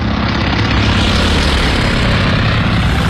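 A steady, loud drone of propeller aircraft engines passing overhead, a dense low rumble with a broad roar that holds constant throughout, no voices; Japanese aircraft returning after their first attack on Midway, searching for their carriers.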